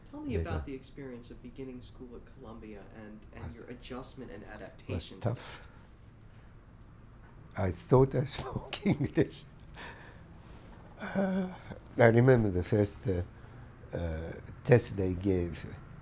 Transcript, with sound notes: Tell me about the experience of beginning school at Columbia, and your adjustment and adaptation.
It was tough. I thought I spoke English! [Laughs] I remember the first test they gave,